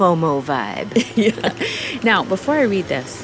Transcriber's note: laughter